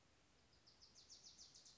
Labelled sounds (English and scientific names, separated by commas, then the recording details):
Wilson's Warbler (Cardellina pusilla)
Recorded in Sonoma County, California